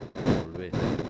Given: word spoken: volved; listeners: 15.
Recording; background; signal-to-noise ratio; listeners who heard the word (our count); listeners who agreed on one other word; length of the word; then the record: one Spanish word in noise, from a listening test; noise modulated by one talker; -12.4 dB; 2 of 15; 9 of 15; 0.69 s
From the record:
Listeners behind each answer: 9, 2, 1, 1, 1, 1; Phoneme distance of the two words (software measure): 10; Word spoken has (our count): 2 syllables, 6 phonemes, stress on syllable 2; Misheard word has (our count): 2 syllables, 6 phonemes, stress on syllable 2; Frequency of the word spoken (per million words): 0.19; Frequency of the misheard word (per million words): 110.76